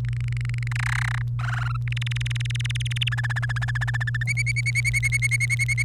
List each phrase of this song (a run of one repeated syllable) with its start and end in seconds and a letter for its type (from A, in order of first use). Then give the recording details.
0.04-0.68 A, 0.71-1.22 B, 1.39-1.76 C, 1.88-3.09 D, 3.12-4.23 E, 4.27-5.83 F. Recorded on 28 April 2018 at 06:01. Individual llb3